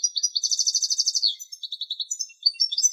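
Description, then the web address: European goldfinch calls and twitters, rapid liquid chattering notes, then a string of quick tinkling twitters and short varied chirps. "Carduelis carduelis"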